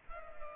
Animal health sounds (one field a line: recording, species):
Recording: mosquito wingbeat signal from an infrared sensor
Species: Culex pipiens